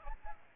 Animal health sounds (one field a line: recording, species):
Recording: mosquito wingbeat signal from an infrared sensor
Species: Aedes albopictus